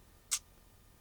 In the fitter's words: It seats. You don't hear a click. It just seats.